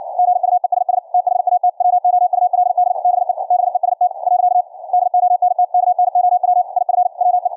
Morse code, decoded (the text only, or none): GUESS THAT WOULD BE BEST . DONT KNOW IF WE